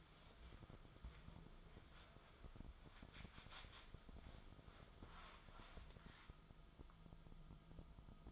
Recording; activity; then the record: daily activity, microphone in the room; wipe stove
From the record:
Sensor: 5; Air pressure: 1004.9 hPa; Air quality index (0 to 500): 100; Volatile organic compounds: 2 ppm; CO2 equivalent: 1222 ppm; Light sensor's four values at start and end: 32/73/30/30 and 33/73/31/31